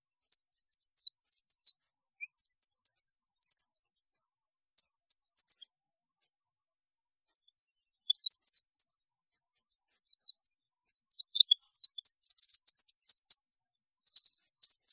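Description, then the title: European goldfinch song: bright, high twittering phrases of rapid tinkling notes and short trills, delivered in bursts with brief pauses over fifteen seconds. "Chant Chardonneret"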